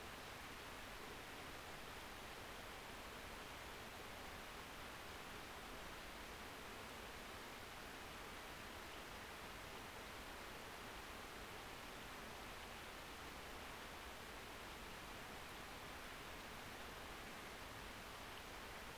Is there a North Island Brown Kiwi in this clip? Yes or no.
no